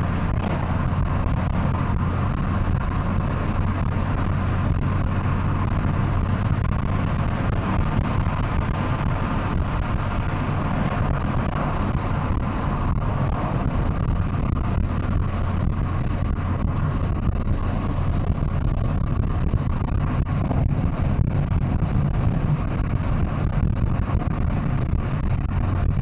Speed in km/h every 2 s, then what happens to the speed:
102, 104, 106, 109, 107, 106, 104, 102, 102, 104, 106, 106, 106.
0-5 speeds up to 109. 14-26 steady at about 104.